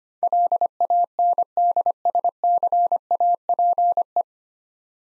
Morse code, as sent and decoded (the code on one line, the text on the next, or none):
.-.. .- -. -.. ... -.-. .- .--. .
LANDSCAPE